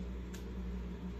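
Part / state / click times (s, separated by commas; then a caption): memory card into binocular card slot / seated / 0.3 s. A memory card is pushed easily into the push-push card slot of a pair of digital night vision binoculars, with no force needed, until it latches. A single short click is heard at 0.3 s over a steady low hum, and the card is fully seated in the slot; pressing it again would click it back out.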